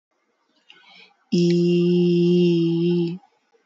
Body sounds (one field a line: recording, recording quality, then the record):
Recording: sustained vowel as in beet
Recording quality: excellent, no background noise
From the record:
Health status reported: healthy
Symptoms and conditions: hypertension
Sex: male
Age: 28 years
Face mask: not worn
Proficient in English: yes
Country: India